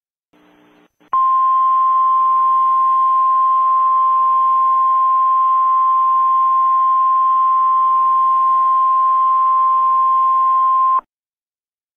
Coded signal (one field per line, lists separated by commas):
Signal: Emergency Alert System (SAME) tones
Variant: 1050 Hz attention tone